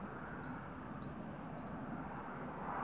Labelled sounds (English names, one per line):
Great Tit